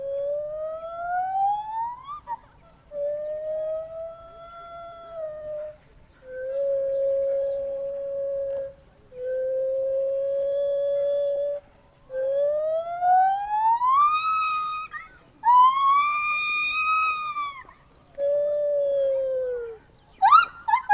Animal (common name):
Lar Gibbon